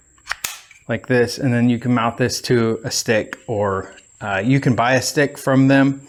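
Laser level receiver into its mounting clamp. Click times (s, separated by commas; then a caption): 0.3 s, 0.5 s. A plastic laser level receiver is pushed into its mounting clamp, which is later fixed to a stick, and snaps in with two sharp clicks at 0.3 s and 0.5 s. Someone then talks. The receiver is seated in the clamp.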